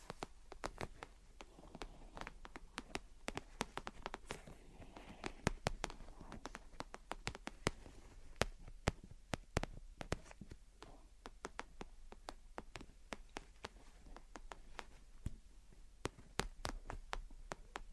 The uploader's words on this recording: Gentle Tapping and Scratching. (No Talking).